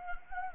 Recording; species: mosquito wingbeat signal from an infrared sensor; Anopheles gambiae